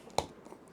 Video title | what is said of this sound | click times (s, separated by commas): FINAL FORM! Age of Apocalypse COLOSSUS BAF Complete! - Marvel Legends Review | Once you hear the pop, you're good. | 0.2 s